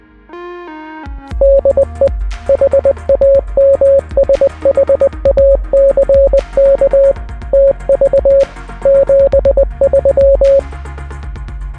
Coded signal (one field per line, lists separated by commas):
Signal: Morse code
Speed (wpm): 20 wpm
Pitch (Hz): 550 Hz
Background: music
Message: DE HAMSHACK TV 73